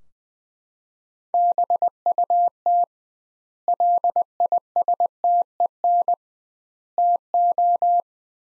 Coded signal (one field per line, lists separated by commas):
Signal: Morse code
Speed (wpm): 21 wpm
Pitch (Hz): 700 Hz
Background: none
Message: BUT LISTEN TO